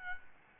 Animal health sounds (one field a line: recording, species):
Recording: mosquito wingbeat signal from an infrared sensor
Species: Aedes albopictus